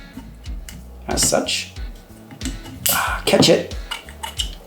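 A new steel forward takedown pin is pushed through an AR-15 receiver while someone talks, with small metallic clicks and handling noises throughout. At 4.4 s the spring detent pops out with a sharp click and locks the pin in place, and a pull on the pin confirms it is seated.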